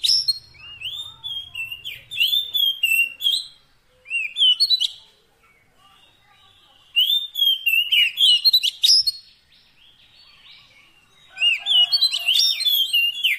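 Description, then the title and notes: Oriental magpie-robin song: repeated bursts of varied whistles and harsh chatters, separated by short pauses. Kacer fill-in (isian) song, played so that a bird becomes a strong singer day and night. "Kacer Jadi Gacor Siang Malam. Isian Kacer"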